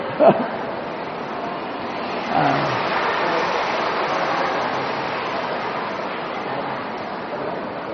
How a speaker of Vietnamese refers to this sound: Mưa ồn quá, thôi giờ tạm gần ở đây vậy.